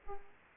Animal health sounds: mosquito wingbeat signal from an infrared sensor; Aedes aegypti

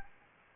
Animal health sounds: mosquito wingbeat signal from an infrared sensor; Anopheles gambiae

